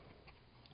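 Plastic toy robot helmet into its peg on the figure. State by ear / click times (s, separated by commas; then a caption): not seated / none. A small plastic toy robot figure is folded up and the top of its helmet is worked toward its peg so it will lock in place, with quiet plastic handling and faint taps. Nothing has seated or clicked into the peg yet.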